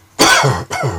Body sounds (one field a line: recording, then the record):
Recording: coughing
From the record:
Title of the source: Dry Coughing Fit in the Afternoon.